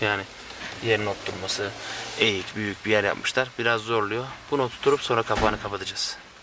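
Someone talks throughout while pushing a pleated paper, plastic-frame cabin pollen filter into its HVAC filter housing behind the glovebox of an Astra H, working it toward its guide channel. No distinct impacts stand out over the talking. The filter is handled but not yet home, and nothing has seated or clicked yet.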